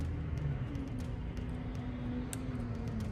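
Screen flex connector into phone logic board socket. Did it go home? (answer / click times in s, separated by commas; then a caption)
yes / 2.3 s. A screen flex-cable connector on an iPhone 11 is pressed down into its socket on the phone's logic board and gives a short, sharp click at 2.3 s as it snaps into place. Faint ticks and a steady low hum run underneath. The connector is seated.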